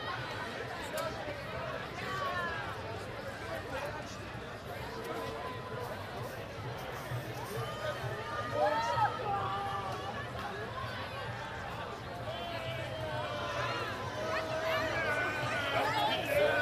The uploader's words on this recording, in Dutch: Soccer party downtown The Hague. A small impression of people celebrating in downtown The Hague because the Dutch defeated the Brazilians (WC2010). Het feest in de Haagse binnenstad na de winst op Brazilië.